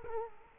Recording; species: mosquito wingbeat signal from an infrared sensor; Culex quinquefasciatus